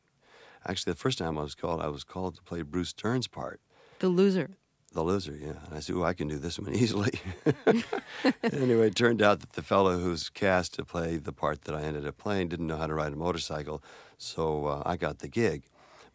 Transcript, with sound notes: And actually, the first time I was called, I was called to play Bruce Dern's part.
The Loser.
The Loser, yeah. And I said, oh, I can do this one easily.
(LAUGHTER)
Anyway, it turned out that the fellow who was cast to play the part that I ended up playing didn't know how to ride a motorcycle, so I got the gig,